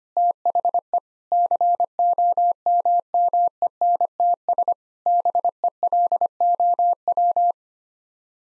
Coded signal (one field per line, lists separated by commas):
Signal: Morse code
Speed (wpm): 25 wpm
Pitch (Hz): 700 Hz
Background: none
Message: THE COMMENTS BELOW